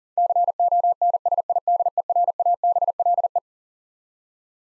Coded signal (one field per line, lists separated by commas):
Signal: Morse code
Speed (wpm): 40 wpm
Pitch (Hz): 700 Hz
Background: none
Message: CONSIDERABLE